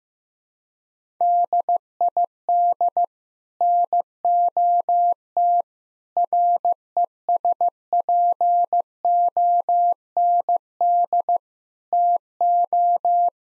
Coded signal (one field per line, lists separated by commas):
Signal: Morse code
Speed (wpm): 15 wpm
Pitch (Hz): 700 Hz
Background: none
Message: DID NOT RESPOND TO